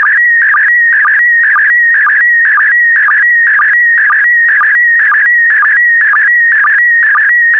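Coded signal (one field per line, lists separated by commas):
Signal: SSTV (slow-scan television)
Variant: PD120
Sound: warbling, chirping tone with a regular low blip about twice each second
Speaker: complete. You can now check your decoded image against the picture that is shown on the video.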